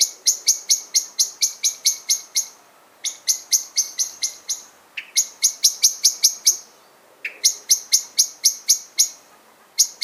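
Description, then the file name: Common blackbird calls, a hard metallic chink repeated rapidly in bursts of many notes separated by short gaps. "Turdus merula"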